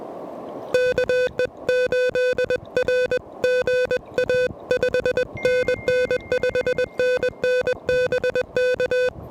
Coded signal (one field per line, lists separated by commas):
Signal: Morse code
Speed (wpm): 21 wpm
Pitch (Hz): 500 Hz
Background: music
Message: KE8R GA 5NN 5NN BK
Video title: POTA ATNO: Pedestrian Mobile QRP from One of My Favorite Places on Planet Earth!